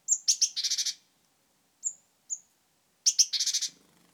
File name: Parus major